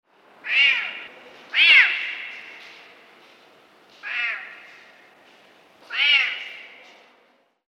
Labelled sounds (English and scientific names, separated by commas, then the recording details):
Serval (Leptailurus serval)
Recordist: Tembrock, Günter
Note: Maunzen eines Männchens